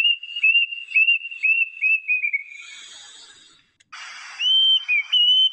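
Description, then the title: Plaintive cuckoo singing a quick series of upslurred whistles that slide gradually downward in pitch, then a pause with soft hiss before brighter whistles resume. "八声杜鹃叫声"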